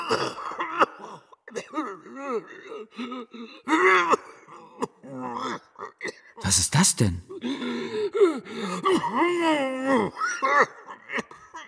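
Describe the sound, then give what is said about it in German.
In a reading of Der Zauberberg, a harsh, strange-sounding cough unlike any other bursts out in a short rough cluster midway, with a man's voice speaking before and after it and breathy throat noises around it. “Es war Husten offenbar, aber ein Husten, der keinem anderen ähnelte, den er jemals gehört hatte.”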